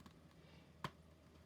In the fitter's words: And see, it clicked in real nicely. Hopefully you heard that. It was a nice click.